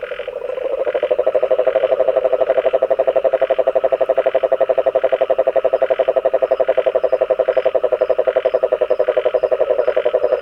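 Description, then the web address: Frog giving a rapid, regular pulsed croaking, about four pulses per second, low and continuous for the whole stretch. Recorded 26 February 2022. "frog 20220226"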